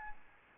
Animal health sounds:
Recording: mosquito wingbeat signal from an infrared sensor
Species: Anopheles gambiae

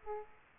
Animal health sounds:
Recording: mosquito wingbeat signal from an infrared sensor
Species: Aedes aegypti

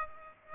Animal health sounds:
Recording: mosquito wingbeat signal from an infrared sensor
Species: Aedes aegypti

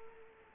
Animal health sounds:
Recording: mosquito wingbeat signal from an infrared sensor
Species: Culex quinquefasciatus

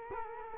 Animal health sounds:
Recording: mosquito wingbeat signal from an infrared sensor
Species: Culex quinquefasciatus

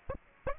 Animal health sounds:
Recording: mosquito wingbeat signal from an infrared sensor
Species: Aedes aegypti

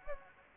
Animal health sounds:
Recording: mosquito wingbeat signal from an infrared sensor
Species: Anopheles gambiae

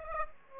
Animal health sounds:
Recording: mosquito wingbeat signal from an infrared sensor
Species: Aedes aegypti

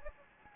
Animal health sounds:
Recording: mosquito wingbeat signal from an infrared sensor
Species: Anopheles gambiae

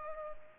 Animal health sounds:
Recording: mosquito wingbeat signal from an infrared sensor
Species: Culex pipiens

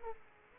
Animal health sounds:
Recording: mosquito wingbeat signal from an infrared sensor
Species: Aedes aegypti

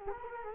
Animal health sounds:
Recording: mosquito wingbeat signal from an infrared sensor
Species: Culex quinquefasciatus

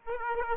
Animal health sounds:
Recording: mosquito wingbeat signal from an infrared sensor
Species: Aedes aegypti

